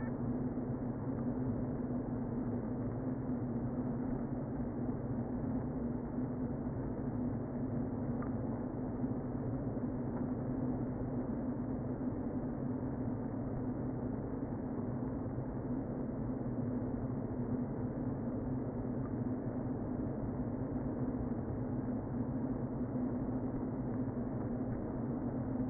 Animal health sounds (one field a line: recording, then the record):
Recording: honeybee colony, microphone inside the hive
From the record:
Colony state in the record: queen present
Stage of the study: before two queens were removed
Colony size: about 60,000 bees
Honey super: yes